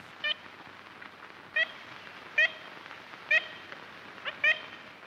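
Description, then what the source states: Ivory-billed Woodpecker giving six short nasal, tooting notes about a second apart. 1935 expedition recording from hardwood forest in north-central Louisiana, made to document the voice of a species then feared close to extinction, with very low bird numbers.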